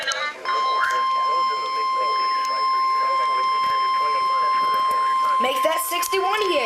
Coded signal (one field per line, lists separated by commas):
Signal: Emergency Alert System (SAME) tones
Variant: 1050 Hz attention tone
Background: speech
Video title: NOAA Weather Radio EAS #64: Tornado Warning